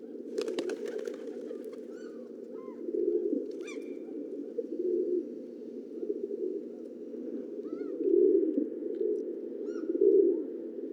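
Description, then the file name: Pigeon coos, soft low phrases recurring, while small birds add brief sharp chirps and clicks above. "Columbidae"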